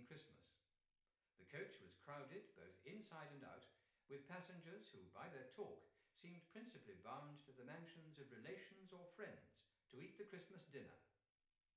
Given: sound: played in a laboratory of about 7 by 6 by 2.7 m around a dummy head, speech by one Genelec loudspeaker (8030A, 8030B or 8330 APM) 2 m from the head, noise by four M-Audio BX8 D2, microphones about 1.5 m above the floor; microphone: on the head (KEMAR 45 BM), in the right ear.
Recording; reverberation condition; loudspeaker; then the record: male speech in English; medium; 120 degrees to the right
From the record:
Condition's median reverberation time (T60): about 510 ms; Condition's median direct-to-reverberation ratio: about -0.5 dB